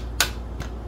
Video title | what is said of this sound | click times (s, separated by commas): E130 Chevy Small Block, Clutch & 4-Speed Install! 1956 Chevy Bel Air Restoration | There it is. Now it's in. There it is. On the ball now. | 0.2 s